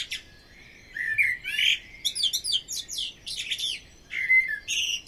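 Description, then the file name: Common blackbird singing, short fluty warbled phrases followed by thin, squeaky high twitters, two bursts separated by a brief pause. "Amsel"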